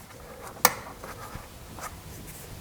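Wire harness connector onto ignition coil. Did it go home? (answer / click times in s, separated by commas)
yes / 0.6 s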